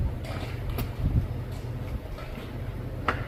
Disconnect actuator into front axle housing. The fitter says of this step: I hear the pop that's it as soon as you hear that pop you can go ahead and put the bolts back in start putting everything together